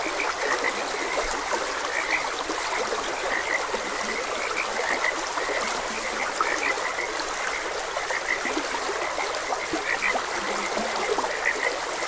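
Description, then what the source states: Frogs keep up an unbroken chorus of brief croaks, some notes standing out briefly, against an even background of stream water. Frogs croaking beside a gentle stream.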